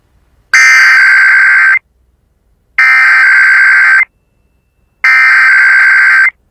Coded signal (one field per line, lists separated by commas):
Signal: Emergency Alert System (SAME) tones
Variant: header bursts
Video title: KUNA and IPAWS Weeklies (EAS #14799-14804) 1/22/24